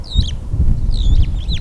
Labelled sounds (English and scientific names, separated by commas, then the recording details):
Superb Starling (Lamprotornis superbus) flight call
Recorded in Kenya